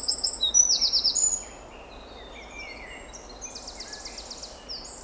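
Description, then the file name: Eurasian wren song: a loud rapid high trill ending after about a second and a half, followed by fainter high twittering notes and a trill. "Troglodytes troglodytes"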